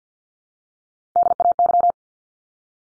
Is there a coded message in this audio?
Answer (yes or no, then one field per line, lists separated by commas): yes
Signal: Morse code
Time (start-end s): 1.2-1.9 s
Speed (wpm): 50 wpm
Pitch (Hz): 700 Hz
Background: none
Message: DAY